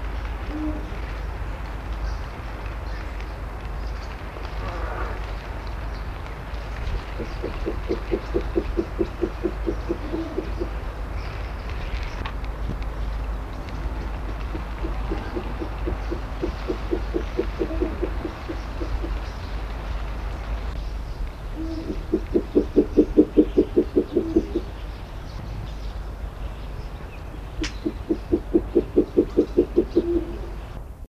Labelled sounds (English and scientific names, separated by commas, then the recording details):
Spectacled Owl (Pulsatrix perspicillata) call
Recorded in captivity
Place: Zoo Hannover, Niedersachsen, DE
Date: 1978-01-12 21:00
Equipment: Halbspur, 9,5 cm/s
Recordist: Lütgens, Hans
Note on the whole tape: Rufe